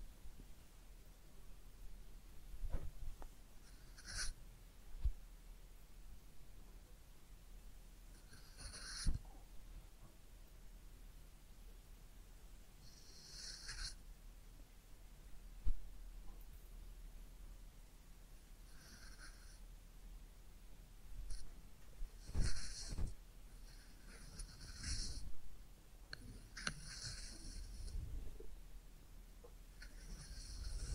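A head massage and ear cleaning, heard as soft scratching and brushing strokes that come in short bursts every few seconds. Crisp, bright rasps stand out around the middle and again from about 22 to 30 seconds, over a quiet low rustling and occasional light taps.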